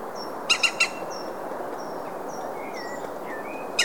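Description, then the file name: European green woodpecker giving three loud ringing notes, then a final note at the end, while other birds whistle thin, high notes throughout. "zold kullo hangja"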